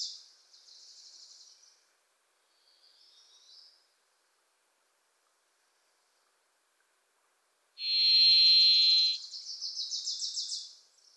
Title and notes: The Varied Thrush, Ixoreus naevius, is a wisp in the forests of the Pacific Northwest.